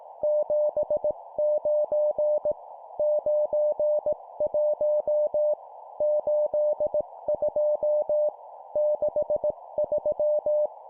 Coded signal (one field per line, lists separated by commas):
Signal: Morse code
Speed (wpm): 18 wpm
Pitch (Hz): 600 Hz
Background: none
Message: 79 91 82 63